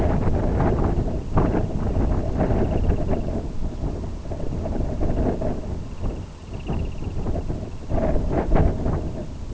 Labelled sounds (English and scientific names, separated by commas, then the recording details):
Semipalmated Sandpiper (Calidris pusilla)
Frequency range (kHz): Semipalmated Sandpiper (Calidris pusilla) 1.0-4.0 kHz
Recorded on Arctic tundra, site IGLO-B, on 27 June 2018
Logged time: 03:59